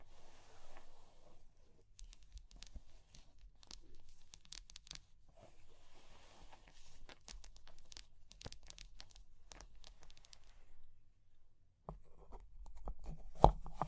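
Fire crackling with dense, irregular pops and snaps spread across the whole clip, some soft and hissy, others sharp and bright. A low rumble runs underneath, growing heavier near the end, where a few louder cracks and taps stand out around the thirteen-second mark.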